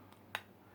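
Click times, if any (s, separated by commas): 0.3 s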